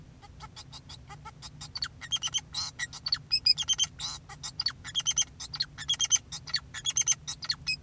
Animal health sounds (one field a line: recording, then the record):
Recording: song of a male Bengalese finch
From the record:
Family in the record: son of father 2, and himself father 4